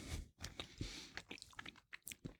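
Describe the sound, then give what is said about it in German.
Someone bites into and chews a light brown-green, gin tonic flavoured fruit gummy: wet, sticky squelches and soft smacking clicks in an uneven rhythm over about two seconds, with no talking. “Wenn du reinbeißt,”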